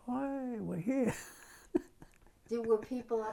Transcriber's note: laughs